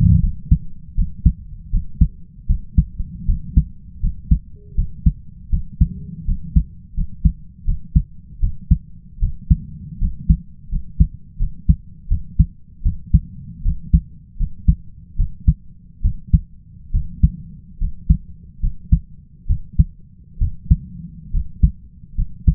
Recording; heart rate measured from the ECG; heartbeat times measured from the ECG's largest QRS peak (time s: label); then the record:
heart sounds by stethoscope; 77 bpm
0.20 s: heartbeat
0.95 s: heartbeat
1.71 s: heartbeat
2.47 s: heartbeat
3.26 s: heartbeat
4.00 s: heartbeat
4.75 s: heartbeat
5.50 s: heartbeat
6.25 s: heartbeat
6.94 s: heartbeat
7.65 s: heartbeat
8.40 s: heartbeat
9.20 s: heartbeat
9.99 s: heartbeat
10.69 s: heartbeat
11.38 s: heartbeat
12.08 s: heartbeat
12.83 s: heartbeat
13.63 s: heartbeat
14.37 s: heartbeat
15.16 s: heartbeat
16.02 s: heartbeat
16.92 s: heartbeat
17.78 s: heartbeat
18.60 s: heartbeat
19.47 s: heartbeat
20.38 s: heartbeat
21.31 s: heartbeat
22.15 s: heartbeat
From the record:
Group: healthy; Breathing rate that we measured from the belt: 17 breaths a minute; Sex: male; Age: 20 years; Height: 167 cm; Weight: 61 kg